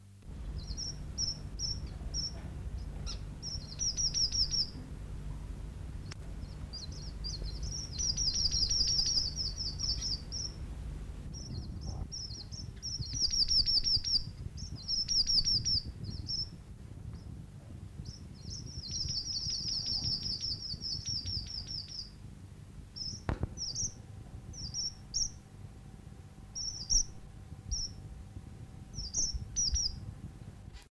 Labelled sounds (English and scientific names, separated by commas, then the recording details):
Red Avadavat (Amandava amandava) call
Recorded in captivity
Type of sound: call
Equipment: Halbspur, 9,5 cm/s
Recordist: Lütgens, Hans
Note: Männchen der chinesischen Rasse, z.T. mit Weibchen der indischen Rasse